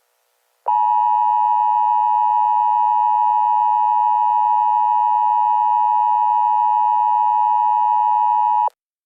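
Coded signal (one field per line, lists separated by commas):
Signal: Emergency Alert System (SAME) tones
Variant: 853 and 960 Hz attention tone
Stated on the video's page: A parody EAS alert, not a real activation.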